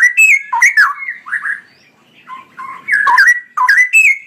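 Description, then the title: Straw-headed bulbul song: repeated loud, liquid, warbled phrases rich in rising and falling slurs, with a short pause midway. Male; described in Indonesian as gacor (singing persistently) with a loud voice and long 'ROoo EL' phrases; master recording for training songbirds. "GILEEE Cucak ROWO Jantan GACOR Suara Lantang ROoo EL Panjang"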